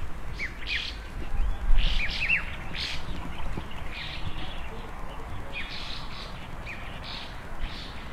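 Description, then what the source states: Birds calling, with clusters of sharp chirps and twitters. They thin out midway, then pick up again, above a constant low rumble. Birds playing on branches in the early morning, in front of a country house in the countryside, heard through an opened window; a calm, peaceful scene.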